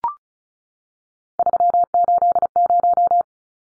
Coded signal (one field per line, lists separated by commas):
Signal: Morse code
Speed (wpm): 34 wpm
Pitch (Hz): 700 Hz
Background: none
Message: 380